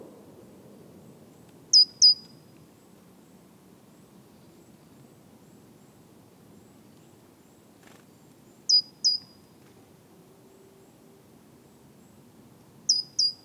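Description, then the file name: Great tit calls: doubled high-pitched notes with a slight downward slide, coming in three spaced bursts over soft background noise. "Parus major"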